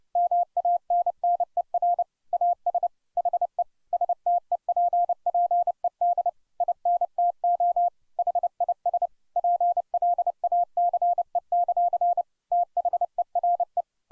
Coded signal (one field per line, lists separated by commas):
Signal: Morse code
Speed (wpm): 29 wpm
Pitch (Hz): 700 Hz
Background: none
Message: MANNER AS HE STEPPED INTO HIS PLACE; THERE